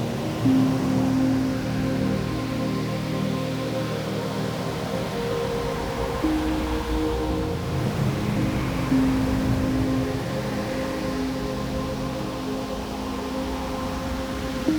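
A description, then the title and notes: A strong windstorm roars steadily with a deep rumble, and low whistling moans rise at intervals above the dense, constant rush. A Bit Frightening Windstorm.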